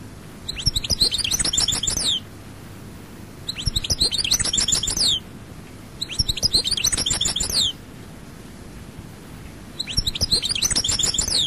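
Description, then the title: European goldfinch song in four rapid twittering, liquid bursts, each about one and a half seconds long, separated by short quiet gaps. "Chant Chardonneret"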